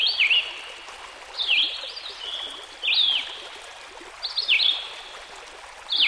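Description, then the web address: Red-eyed Vireo singing brief slurred whistled phrases, repeated roughly every one and a half seconds against continuous stream noise. Heard with a stream in the background. "Dan Gibson Songbirds By The Stream. Red - Eyed Vireo"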